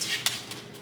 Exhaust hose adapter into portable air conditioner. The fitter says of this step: And it should lock into place.